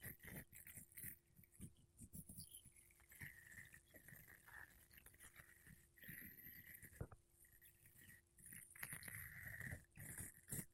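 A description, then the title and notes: Makeup brushes and a sponge rub across a microphone in close, soft strokes, with dense rustling bursts every second or so. A faint steady low hum runs underneath, and a thin whistling tone comes and goes in the upper range. ASMR Mic Brushing Using Makeup Brushes and Sponge (No Talking).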